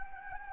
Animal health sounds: mosquito wingbeat signal from an infrared sensor; Anopheles gambiae

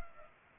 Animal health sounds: mosquito wingbeat signal from an infrared sensor; Culex pipiens

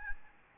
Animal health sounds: mosquito wingbeat signal from an infrared sensor; Aedes albopictus

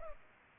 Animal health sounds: mosquito wingbeat signal from an infrared sensor; Culex pipiens

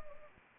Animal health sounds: mosquito wingbeat signal from an infrared sensor; Anopheles arabiensis

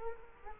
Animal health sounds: mosquito wingbeat signal from an infrared sensor; Culex quinquefasciatus

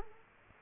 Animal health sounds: mosquito wingbeat signal from an infrared sensor; Culex quinquefasciatus

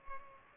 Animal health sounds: mosquito wingbeat signal from an infrared sensor; Culex pipiens

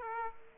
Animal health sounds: mosquito wingbeat signal from an infrared sensor; Aedes aegypti

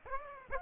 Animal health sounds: mosquito wingbeat signal from an infrared sensor; Aedes aegypti

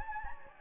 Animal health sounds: mosquito wingbeat signal from an infrared sensor; Anopheles gambiae

